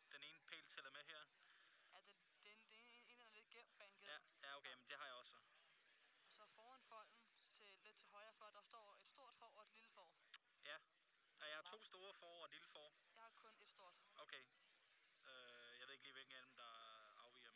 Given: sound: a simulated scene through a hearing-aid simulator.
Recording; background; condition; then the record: conversation; quiet; 55 dB SPL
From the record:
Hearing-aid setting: II (fast-acting compression, audibility-based gain, advanced features for about 2.5 dB of SNR improvement); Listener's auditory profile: D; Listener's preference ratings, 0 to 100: 67, 57, 48